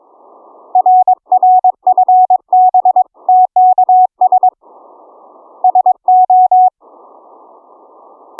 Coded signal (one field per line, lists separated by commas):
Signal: Morse code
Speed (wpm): 22 wpm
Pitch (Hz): 740 Hz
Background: none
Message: RRFB TKS SO